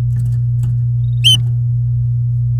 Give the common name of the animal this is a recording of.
Domestic Canary